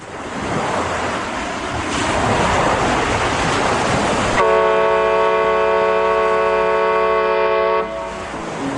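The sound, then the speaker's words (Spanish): Steady washing roar of Mediterranean Sea waves at the harbour of Motril, Spain, with a long, even horn blast sounding over the surf for a few seconds before cutting off, leaving the waves alone. “Puerto de Motril, en el mar Mediterráneo.”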